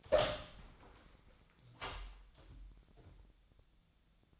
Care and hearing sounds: daily activity, microphone in the room; open door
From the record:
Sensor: 3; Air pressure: 1009.2 hPa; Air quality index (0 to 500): 188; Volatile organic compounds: 3 ppm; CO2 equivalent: 1514 ppm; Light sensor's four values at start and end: 50/130/56/57 and 50/130/56/57

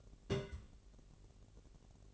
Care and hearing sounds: daily activity, microphone in the room; place on stove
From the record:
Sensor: 4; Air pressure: 1002.8 hPa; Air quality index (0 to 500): 240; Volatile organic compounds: 10 ppm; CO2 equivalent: 2247 ppm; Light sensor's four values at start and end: 6/14/6/6 and 6/14/6/6

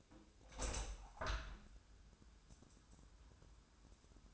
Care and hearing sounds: daily activity, microphone in the room; open window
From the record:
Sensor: 2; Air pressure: 1000.2 hPa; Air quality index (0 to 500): 132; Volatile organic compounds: 2 ppm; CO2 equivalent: 1105 ppm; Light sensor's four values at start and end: 11/31/12/14 and 12/33/13/15

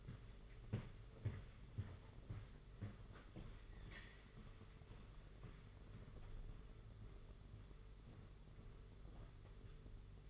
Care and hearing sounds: daily activity, microphone in the room; walk to room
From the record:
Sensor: 4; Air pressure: 991.9 hPa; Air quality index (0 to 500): 83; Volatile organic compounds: 6 ppm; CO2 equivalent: 1881 ppm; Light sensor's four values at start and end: 21/75/27/29 and 22/75/27/29

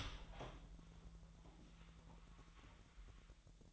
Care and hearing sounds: daily activity, microphone in the room; open door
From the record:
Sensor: 3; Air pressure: 1001.4 hPa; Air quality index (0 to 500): 248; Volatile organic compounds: 147 ppm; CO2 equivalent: 4010 ppm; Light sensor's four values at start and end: 11/27/11/11 and 10/24/10/9

